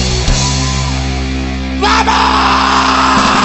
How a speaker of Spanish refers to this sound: ¡Que se escuchen los gritos! ¡Más recio, con más huevos!